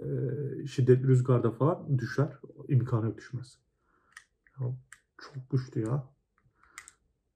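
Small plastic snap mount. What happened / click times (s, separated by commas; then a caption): The camera mount clicked home / 6.8 s. An action camera, a DJI Osmo Action 4, is pressed onto its quick-release mount while someone talks, followed by small clicks. It clicks fully home at 6.8 s and is seated.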